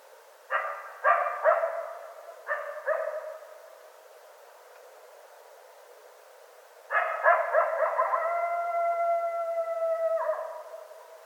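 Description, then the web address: Coyote calls: several short barking yips in quick pairs, a pause of quiet, then a burst of yelps sliding into a long level howl that cuts off sharply. Several coyotes recorded on 25 January 2013. "sounds mammals Coyote 2013 01 25 Coyotes"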